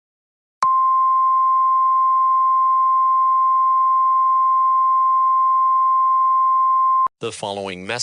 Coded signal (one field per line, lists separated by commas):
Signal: Emergency Alert System (SAME) tones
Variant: 1050 Hz attention tone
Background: speech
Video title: Cascadia Subduction Zone EAS - Scenario #1